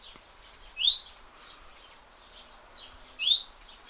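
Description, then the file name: Great tit two-note call: a high thin note then a lower slurred one, given twice about two and a half seconds apart, over soft chirps. "Parus major"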